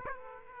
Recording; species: mosquito wingbeat signal from an infrared sensor; Aedes aegypti